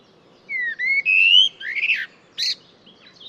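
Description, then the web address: Bird song phrase of clear whistled notes rising in pitch, followed by a harsh descending note and a short buzzy chirp, over faint background hum. "cianscape birddata Deverinetal 2025 Bird Only Tu Me Tu Me"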